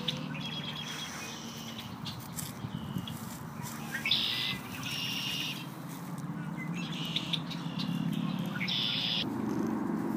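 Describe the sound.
Bird singing short, dense buzzy phrases at irregular intervals of one to two seconds, with a constant low droning hum underneath.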